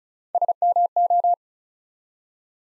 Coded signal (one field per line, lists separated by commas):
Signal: Morse code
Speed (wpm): 36 wpm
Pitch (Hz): 700 Hz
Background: none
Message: SMO